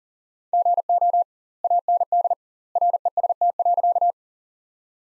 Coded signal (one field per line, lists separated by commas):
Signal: Morse code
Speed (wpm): 37 wpm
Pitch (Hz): 700 Hz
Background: none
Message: GO AND REST.